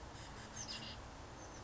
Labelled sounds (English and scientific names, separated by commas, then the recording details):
Oak Titmouse (Baeolophus inornatus)
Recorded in Sonoma County, California